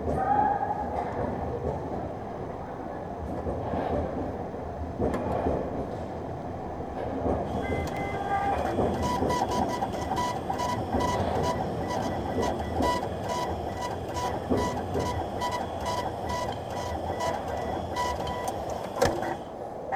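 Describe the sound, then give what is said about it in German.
A Berlin U-Bahn train arrives with a steady low rumble, then a dense, rapid rhythmic clatter of wheels and hissing brakes takes over about halfway through and continues to the end. “Klangbeispiel U-Bahn kommt.”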